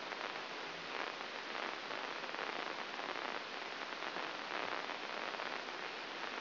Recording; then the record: brain microelectrode recording played as sound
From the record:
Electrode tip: inside the subthalamic nucleus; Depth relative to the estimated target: 0 mm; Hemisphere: left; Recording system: AlphaMap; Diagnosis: Parkinson's disease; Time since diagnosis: 9 years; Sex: male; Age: 53 years